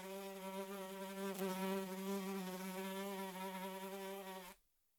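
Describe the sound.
Fly buzzing steadily with a rich droning hum, slight wavering in pitch, continuing for about four and a half seconds before stopping abruptly.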